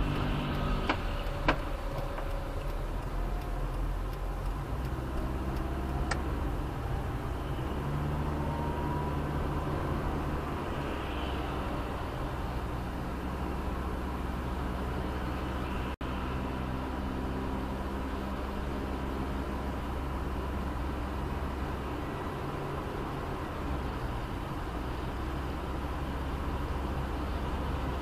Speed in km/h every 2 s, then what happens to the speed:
17, 16, 18, 25, 30, 33, 31, 31, 31, 31, 31, 33, 31, 30.
3-9 speeds up to 33. 9-28 steady at about 31.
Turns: none.